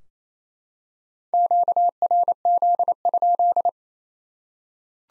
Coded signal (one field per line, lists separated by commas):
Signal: Morse code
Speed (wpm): 28 wpm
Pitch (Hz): 700 Hz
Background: none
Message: QRZ?